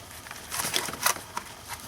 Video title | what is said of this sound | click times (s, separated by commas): BMW 6 Cylinder Valve Cover, Spark Plugs, and Eccentric Shaft Sensor DIY | You can actually hear them lock into place. | 0.8 s, 1.1 s